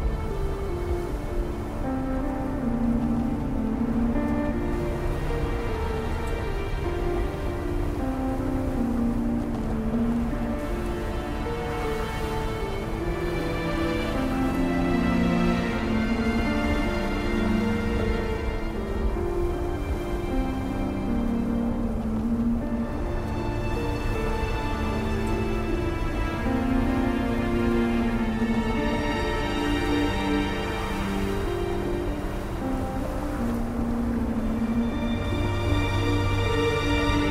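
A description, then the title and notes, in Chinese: Epic music plays over the sound of a blizzard's wind. Sustained low and middle chords move slowly, shifting every few seconds, at a steady level throughout. A constant rushing hiss of wind sits underneath and swells brighter now and then. 10首超好聽史詩音樂配合風雪的聲音。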